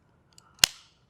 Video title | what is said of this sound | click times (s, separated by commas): Pediatric Redihaler Tutorial | Close the cover and make sure you hear a click so you know it's closed like this. | 0.6 s